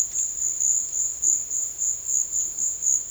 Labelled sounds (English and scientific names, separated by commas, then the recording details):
none
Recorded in secondary vegetation near Puerto Asís, Putumayo, Colombia, on 12 March 2025 at 15:30
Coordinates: 0.488, -76.319
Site G095